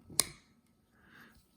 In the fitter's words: you open it you hear those snaps and it's because there's there's